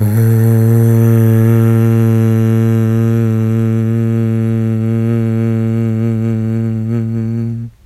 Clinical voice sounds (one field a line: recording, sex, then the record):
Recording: sustained vowel /a/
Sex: female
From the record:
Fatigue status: no fatigue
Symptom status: symptomatic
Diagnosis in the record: COVID-19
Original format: m4a